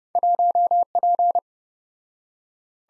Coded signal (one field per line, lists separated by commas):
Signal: Morse code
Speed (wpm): 29 wpm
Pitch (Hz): 700 Hz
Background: none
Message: 1P